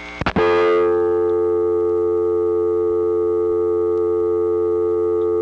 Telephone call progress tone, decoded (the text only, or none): dial tone